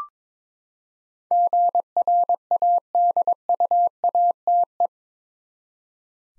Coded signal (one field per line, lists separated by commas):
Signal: Morse code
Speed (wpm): 23 wpm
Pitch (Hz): 700 Hz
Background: none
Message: GRADUATE